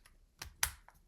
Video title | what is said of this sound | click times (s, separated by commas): Appareil film | comme ceci. J'en faire un petit clic. Ça fonctionne. | 0.6 s